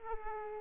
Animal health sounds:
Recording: mosquito wingbeat signal from an infrared sensor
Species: Aedes aegypti

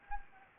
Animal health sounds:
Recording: mosquito wingbeat signal from an infrared sensor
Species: Anopheles gambiae

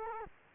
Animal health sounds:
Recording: mosquito wingbeat signal from an infrared sensor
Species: Culex quinquefasciatus

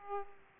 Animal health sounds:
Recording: mosquito wingbeat signal from an infrared sensor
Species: Aedes aegypti

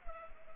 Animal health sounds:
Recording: mosquito wingbeat signal from an infrared sensor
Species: Culex pipiens

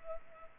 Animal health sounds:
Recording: mosquito wingbeat signal from an infrared sensor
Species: Culex pipiens

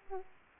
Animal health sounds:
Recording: mosquito wingbeat signal from an infrared sensor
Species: Aedes aegypti

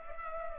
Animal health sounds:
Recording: mosquito wingbeat signal from an infrared sensor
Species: Culex pipiens

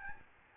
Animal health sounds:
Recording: mosquito wingbeat signal from an infrared sensor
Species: Aedes albopictus

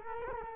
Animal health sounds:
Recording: mosquito wingbeat signal from an infrared sensor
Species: Culex quinquefasciatus

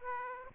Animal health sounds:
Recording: mosquito wingbeat signal from an infrared sensor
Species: Aedes aegypti

